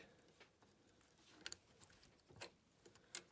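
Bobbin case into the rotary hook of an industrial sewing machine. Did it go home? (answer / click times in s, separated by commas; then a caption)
yes / 3.1 s. A metal bobbin case (drum), with its thread left hanging, is pushed into the rotary hook assembly of an industrial sewing machine. A few faint metallic ticks and a sharp double tick near 1.5 s lead up to a bright click at 3.2 s. The bobbin case clicks into place and is seated.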